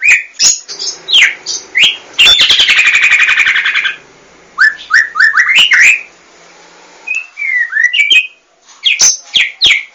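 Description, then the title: White-rumped shama singing varied whistled notes, broken by a two-second harsh buzzy rattle, then resuming with rising and falling slurred whistles and sharp chips. "murai batu"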